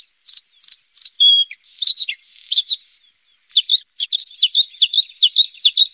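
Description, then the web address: Bluethroat song: a few sharp notes and a thin whistle, then buzzy scratchy fragments, followed by a fast series of repeated two-part notes. "Faglar Sound Blahake"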